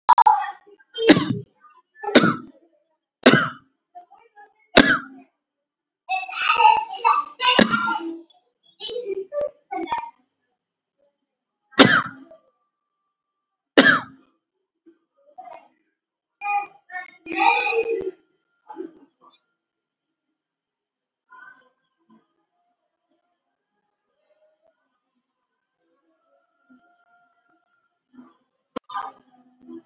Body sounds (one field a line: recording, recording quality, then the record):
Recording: shallow voluntary cough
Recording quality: moderate, slight background noise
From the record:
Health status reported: COVID-19 positive, no symptoms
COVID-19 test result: positive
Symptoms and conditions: hypertension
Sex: male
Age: 42 years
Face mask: not worn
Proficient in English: yes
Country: India